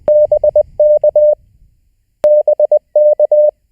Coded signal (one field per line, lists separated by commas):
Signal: Morse code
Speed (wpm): 20 wpm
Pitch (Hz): 600 Hz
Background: none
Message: BK BK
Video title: Learn Morse: Homework 4